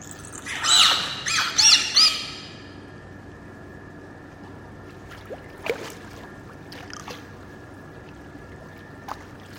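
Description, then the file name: Beluga whale squealing whistles, a cluster of high, bending chirps in the first two seconds, then a few faint, brief squeaks over steady hiss. "zvuki belukhi"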